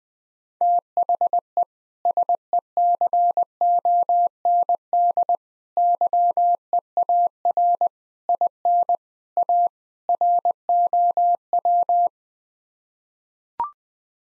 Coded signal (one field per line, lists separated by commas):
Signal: Morse code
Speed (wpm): 21 wpm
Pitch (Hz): 700 Hz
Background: none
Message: THE SECOND YEAR IN A ROW